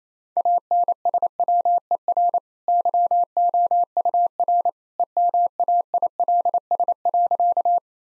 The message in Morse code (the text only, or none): ANSWER YOUR EMAILS.